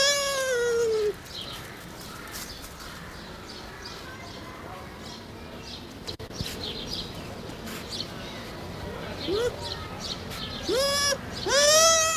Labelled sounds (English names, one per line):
Bush Dog whimpering